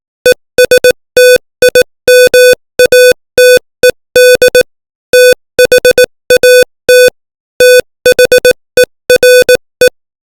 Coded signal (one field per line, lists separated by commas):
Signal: Morse code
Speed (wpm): 18 wpm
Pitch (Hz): 500 Hz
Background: music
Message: ESTIMATED THAT THERE